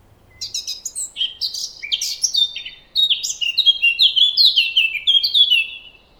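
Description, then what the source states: Blackcap song opening with softer, scratchy chattering, then breaking into a burst of loud, fluty whistled notes delivered quickly one after another. Varied, rapid, rushing warble, much stronger than a robin's or dunnock's; blackcaps are singing by early April.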